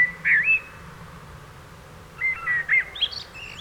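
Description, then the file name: Common blackbird singing a short mellow whistle, then after a pause a warbled phrase that finishes in thin, high squeaky twitters. "Turdus merula"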